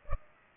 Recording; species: mosquito wingbeat signal from an infrared sensor; Culex pipiens